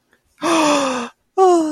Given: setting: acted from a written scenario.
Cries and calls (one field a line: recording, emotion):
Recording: vocal sound without words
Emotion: positive surprise